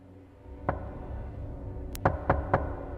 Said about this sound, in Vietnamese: Bước được 2 bước, cái tiếng gõ cửa lại vang lên đầy kỳ quái.